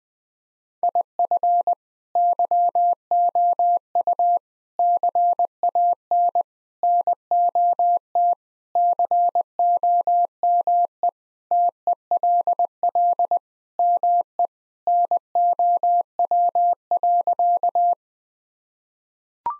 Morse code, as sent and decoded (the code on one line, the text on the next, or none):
.. ..-. / -.-- --- ..- / -.-. .- -. / -. --- - / -.-. --- -- . / - . .-.. .-.. / -- . / -. --- .-- .-.-.-
IF YOU CAN NOT COME TELL ME NOW.